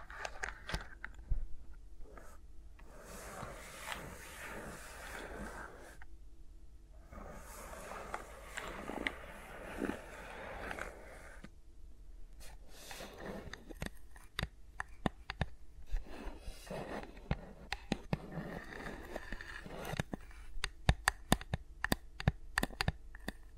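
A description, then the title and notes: Fingers move around the microphones, making soft rubbing and brushing sounds in bursts of a few seconds each, with short quiet gaps between. Later the movement turns choppier, with many sharp taps and clicks, especially after about twenty seconds. ASMR with Mics Around My Fingers (No Talking).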